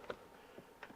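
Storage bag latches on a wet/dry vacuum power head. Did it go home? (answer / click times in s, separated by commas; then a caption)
released / 0.1 s, 0.8 s. The plastic latches holding the storage bag to the power head of a Milwaukee M18 FUEL 6-gallon cordless wet/dry vacuum (0910) are pulled down to unlock them so the bag can be removed. Two sharp clicks are heard at 0.1 s and 0.8 s as the latches open, and the bag is released.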